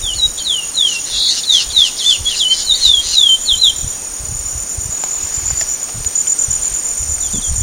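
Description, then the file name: Chestnut-bellied seed finch singing a quick, varied string of clear slurred whistles for nearly four seconds, with a continuous shrill insect hum behind. Recorded at Sertão, Mongaguá, São Paulo state, Brazil, on 5 February 2015. "Sporophila-angolensis-Sertao Mongagua SP-5-2-15-ASilveira"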